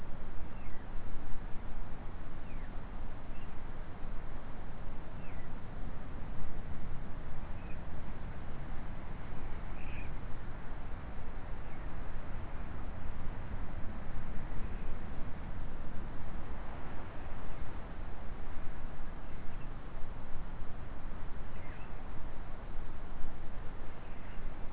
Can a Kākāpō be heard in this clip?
no